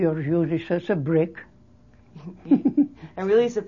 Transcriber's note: laughs